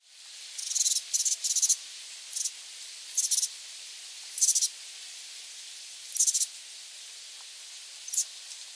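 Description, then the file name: Oak titmouse calls: harsh, hissy, very high bursts in short groups, several close together early on, then single rasps spaced about a second or two apart. "Baeolophus inornatus - Oak Titmouse"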